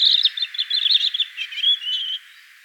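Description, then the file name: European robin song fragment: a rapid, warbling run of mid-high twittering notes, then a sustained thin whistle before ending. "Erithacus rubecula"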